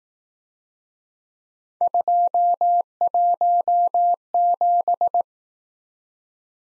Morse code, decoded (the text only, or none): 217